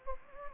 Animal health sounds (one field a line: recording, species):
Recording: mosquito wingbeat signal from an infrared sensor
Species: Anopheles gambiae